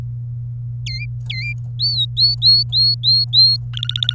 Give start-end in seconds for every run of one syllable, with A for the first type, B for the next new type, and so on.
0.86-1.53 A, 1.79-3.56 B, 3.73-4.14 C